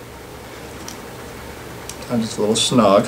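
A speaker badge's pins are pressed into two holes poked through new grill fabric on a grille frame, where the fit is a little snug. Two faint ticks are heard at about 0.9 s and 1.9 s over quiet room tone, then someone talks from about 2.1 s. The badge is still being handled and has not seated or clicked into place yet.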